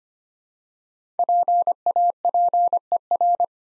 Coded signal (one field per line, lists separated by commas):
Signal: Morse code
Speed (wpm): 25 wpm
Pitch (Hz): 700 Hz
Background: none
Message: PAPER